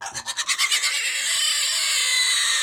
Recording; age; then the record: pig call; weaner (32 to 43 days)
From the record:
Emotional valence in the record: negative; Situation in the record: restrain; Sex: male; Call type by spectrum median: high-frequency call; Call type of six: mixed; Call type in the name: high-frequency stable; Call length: 2.7 s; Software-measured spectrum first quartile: 2981 Hz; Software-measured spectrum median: 4483 Hz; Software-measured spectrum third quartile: 7162 Hz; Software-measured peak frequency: 2024 Hz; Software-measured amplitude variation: 139 dB a second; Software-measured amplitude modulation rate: 21.2 a second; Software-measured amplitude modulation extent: 6.5 dB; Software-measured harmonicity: 0.7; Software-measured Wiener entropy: -1.90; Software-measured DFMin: 920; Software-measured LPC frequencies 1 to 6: 1119, 1986, 3027, 3865, 4618, 5400 Hz